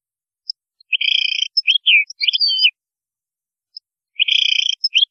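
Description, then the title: European goldfinch song with buzzy, rattling trills and sweet slurred twitters, two lively phrases separated by a short gap. "Chant Chardonneret"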